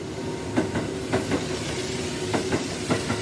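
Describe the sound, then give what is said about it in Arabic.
A train rolls along steady, rumbling track noise with a faint hiss, as its wheels strike rail joints in paired clacks that repeat at a loose, uneven rhythm. No one speaks. “ركب القطر وقعد يمسح العرق اللي على وشه”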